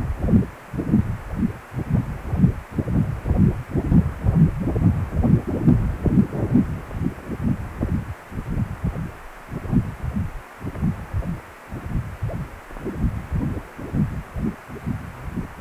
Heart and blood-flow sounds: Doppler ultrasound of blood flow; precordium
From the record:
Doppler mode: continuous wave and pulsed wave in the uncut recording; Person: healthy adult, 18 to 50 years, no heart murmur, not diving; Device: 2.5 MHz transducer

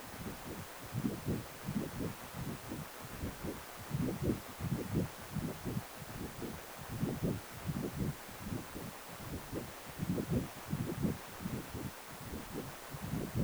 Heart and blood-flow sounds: Doppler ultrasound of blood flow; precordium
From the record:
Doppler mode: continuous wave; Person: healthy adult, 18 to 50 years, no heart murmur, not diving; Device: 2.5 MHz transducer

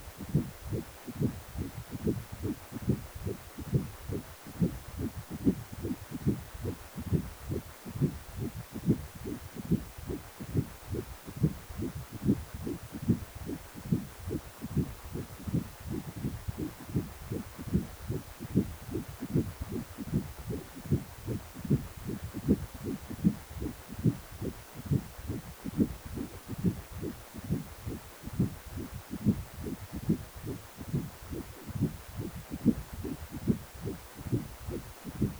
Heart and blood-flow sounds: Doppler ultrasound of blood flow; precordium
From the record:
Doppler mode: continuous wave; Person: healthy adult, 18 to 50 years, no heart murmur, not diving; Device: 2.5 MHz transducer

